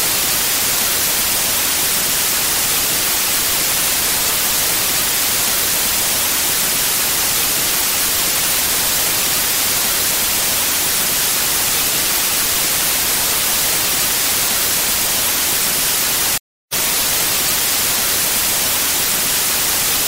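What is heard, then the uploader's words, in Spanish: Steady hiss of television static, dense and bright, holding an even level throughout except for a brief moment of silence near sixteen seconds. El sonido de una televisión estatica.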